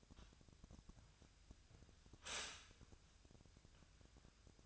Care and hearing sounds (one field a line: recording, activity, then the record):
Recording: daily activity, microphone in the room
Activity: stop toaster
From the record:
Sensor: 2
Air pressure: 1001.8 hPa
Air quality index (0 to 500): 245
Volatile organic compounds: 37 ppm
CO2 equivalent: 3088 ppm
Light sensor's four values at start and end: 10/31/12/12 and 10/31/12/12